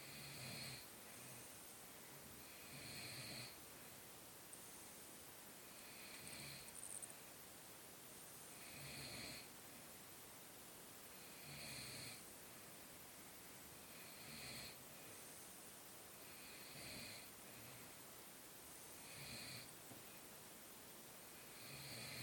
Snoring like a pig.